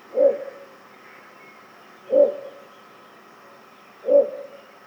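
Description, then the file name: Little bittern calling with three deep, abrupt croaks evenly repeated every two seconds against a quiet background. "torpegem-hangja -torpegem-Ixobrychus-minutus"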